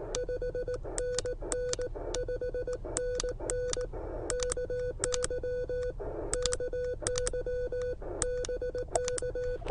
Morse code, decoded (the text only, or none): 5NN 5NN KY KY BK